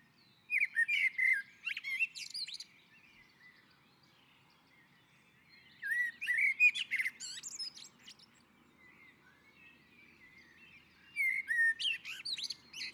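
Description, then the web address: Common blackbird singing three separate phrases, each of low mellow fluted notes that end in a high squeaky twitter. Quiet gaps of about three seconds fall between the phrases. On the roof. "sammel Naturinspelningar Koltrast på taket"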